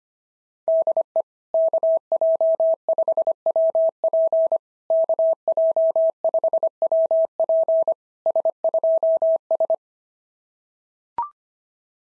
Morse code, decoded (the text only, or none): DE KJ5WP KJ5WP S2S